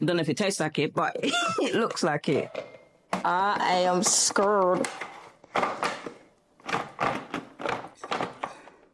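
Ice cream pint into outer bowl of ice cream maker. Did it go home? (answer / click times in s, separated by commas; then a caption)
no / none. Someone talks while fitting a frozen ice cream pint into the outer bowl and lid assembly of an ice cream maker, and several knocks sound between about 7.3 and 8.4 seconds. The pint is not aligned properly, so it has not seated or clicked into place yet.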